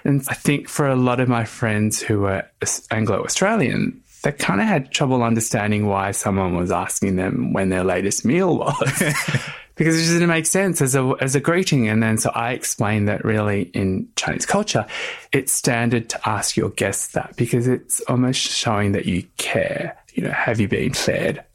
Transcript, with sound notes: And I think for a lot of my friends, who were Anglo Australian, they kind of had trouble understanding why someone was asking them when their latest meal was, [laughter] because it just didn't make sense as a greeting. And then so I explained that really, in Chinese culture, it's standard to ask your guests that, because it's almost showing that you care, you know, ‘Have you been fed?